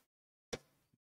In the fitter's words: just pull on that and then I after I pull on this piece I can can hear it pop